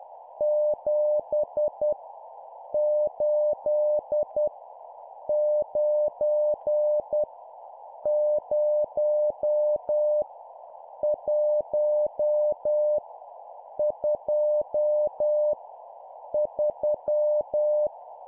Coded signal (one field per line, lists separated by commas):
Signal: Morse code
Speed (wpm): 10 wpm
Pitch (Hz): 600 Hz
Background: none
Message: 7 8 9 0 1 2 3